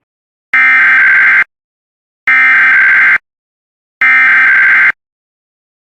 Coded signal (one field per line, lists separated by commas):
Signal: Emergency Alert System (SAME) tones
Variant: header bursts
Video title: Some Flash Flood Warnings & Weeklies From 10/27/2022